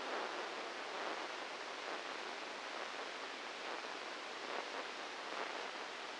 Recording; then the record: brain microelectrode recording played as sound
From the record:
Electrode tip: inside the subthalamic nucleus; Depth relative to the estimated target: -3 mm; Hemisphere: right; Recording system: NeuroSet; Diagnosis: Parkinson's disease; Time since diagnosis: 8 years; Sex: male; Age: 59 years